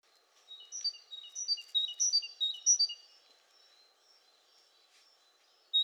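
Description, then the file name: Great tit chirping in a fast, high run of notes, then a lone note at the end. "Parus major"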